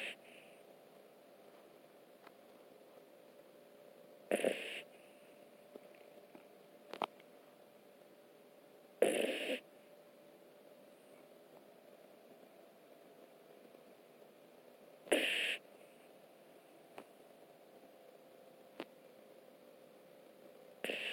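Four brief, raspy snorting breaths come roughly every five to six seconds, about ten a minute, against a faint steady hum. These are the noisy sleeping breaths of a snoring puppy, a funny snoring sound.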